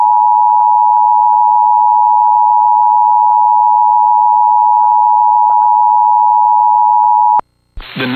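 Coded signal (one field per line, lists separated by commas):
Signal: Emergency Alert System (SAME) tones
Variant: 853 and 960 Hz attention tone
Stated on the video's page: Flash Flood Warning alert audio monitored from an online EAS relay network stream.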